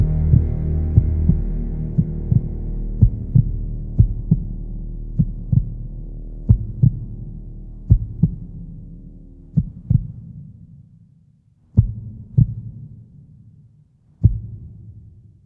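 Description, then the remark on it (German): A woman's low, muffled heartbeat thumps steadily at first, then slows and weakens, the gaps between beats stretching out as the throbbing background fades toward silence. “Ich fühlte ihren Puls. Er wurde immer schwächer.”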